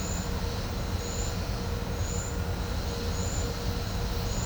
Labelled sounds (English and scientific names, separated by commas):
none